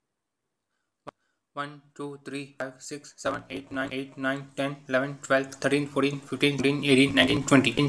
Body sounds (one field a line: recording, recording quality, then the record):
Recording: counting at a fast pace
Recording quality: excellent, no background noise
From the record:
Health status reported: healthy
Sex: male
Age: 31 years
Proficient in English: yes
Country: India